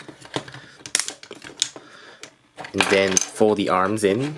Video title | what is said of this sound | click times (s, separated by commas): Hello Carbot Mimoth Review / 헬로카봇 옴파로스섬의 비밀 마이모스 영어 리뷰 | the shoulder bits and click them in and | 1.0 s, 1.6 s